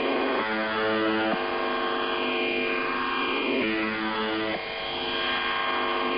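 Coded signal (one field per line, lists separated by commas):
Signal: channel marker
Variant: UVB-76 (The Buzzer)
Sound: two harsh, low, roughly one-second buzzes, spaced about three seconds apart, amid hissing static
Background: radio static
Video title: [Old Recording] The Buzzer/UVB-76 Weird Sound Transmission 01/07/2023 16:11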